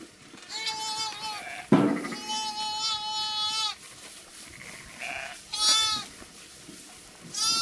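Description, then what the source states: Sheep bleats: long quavering calls, a sharp burst, and shorter high cries following in irregular turns. A lamb with its mother.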